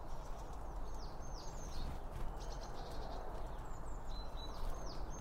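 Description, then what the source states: Birds: faint high chirps and short slurred notes, repeated in loose groups over a broad background hiss. Birds around a bird feeder, recorded with two Line Audio OM1 microphones.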